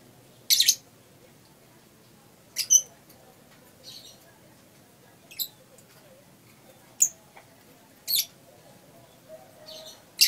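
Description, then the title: Lovebird giving sharp high squeaky chirps, single or doubled, spaced roughly every one to two seconds. Masteran, a training song recording for caged birds. "MASTERAN BURUNG 2. lovebird"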